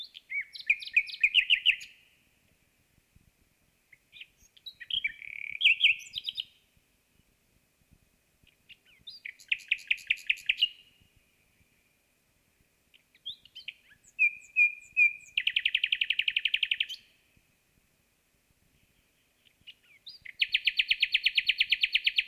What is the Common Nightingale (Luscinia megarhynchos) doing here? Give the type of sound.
song